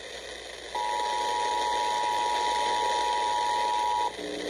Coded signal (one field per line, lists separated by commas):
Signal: Emergency Alert System (SAME) tones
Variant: 853 and 960 Hz attention tone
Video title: SEVERE THUNDERSTORM SAGA! EAS Alerts from January 5, 2025 [EAS #3,541 - #3,645]